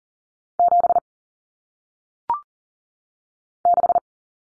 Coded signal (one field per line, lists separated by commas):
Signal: Morse code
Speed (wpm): 40 wpm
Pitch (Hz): 700 Hz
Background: none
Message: 7 6